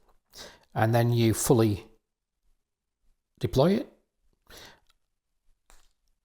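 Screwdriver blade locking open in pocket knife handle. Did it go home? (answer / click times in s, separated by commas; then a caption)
yes / 5.7 s. Someone talks while the screwdriver tool on a Victorinox Bantam Swiss Army pocket knife is pushed fully open in the handle. A short, sharp click is heard at 5.7 s as the screwdriver blade's lock engages and holds it open.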